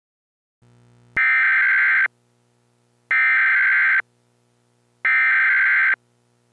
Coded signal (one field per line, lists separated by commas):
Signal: Emergency Alert System (SAME) tones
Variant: header bursts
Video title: EAS Mock Scenario: Southeast Comet